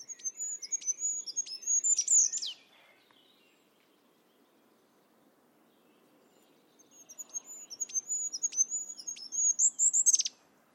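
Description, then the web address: Bird singing two phrases, each a high thin whistled line punctuated by sharp ticks and closing with a buzzy downslurred burst, separated by about four seconds of quiet. "cianscape. Deverinetal 2025. Bird Only"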